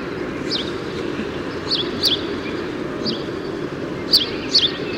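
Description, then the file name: House sparrow giving a few sharp chirps, some doubled, scattered throughout over a continuous low rumble. "Passer domesticus"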